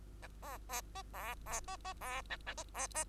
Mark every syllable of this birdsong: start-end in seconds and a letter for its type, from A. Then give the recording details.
0.22-0.28 A, 0.42-0.58 B, 0.69-0.81 B, 0.95-1.02 C, 1.14-1.35 B, 1.46-1.60 B, 1.67-1.77 C, 1.84-1.94 C, 2.01-2.22 B, 2.30-2.37 A, 2.74-2.88 B, 2.94-3.04 C. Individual Bird2